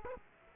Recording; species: mosquito wingbeat signal from an infrared sensor; Aedes aegypti